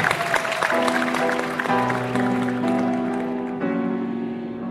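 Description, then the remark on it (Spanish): An audience at Radio Nacional's 2014 lifetime achievement awards applauds honoree Mauricio Cartún steadily for several seconds, a dense crackling wash of clapping that stays loud throughout, with sustained musical tones playing underneath. “Mauricio Cartún, un fuerte aplauso.”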